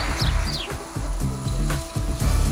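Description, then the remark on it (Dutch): A house sparrow gives a few short, high chirps, scattered and sweeping downward, over a steady low clattering rumble that fills the background throughout. This is the notorious sparrow in the sports hall in Leeuwarden that knocked over 26,000 dominoes during preparations for Domino Day in 2005. “Ja, die beruchte huismus stootte 26.000 domino-steentjes om bij de voorbereidingen van Domino Day.”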